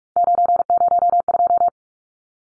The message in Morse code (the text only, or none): 902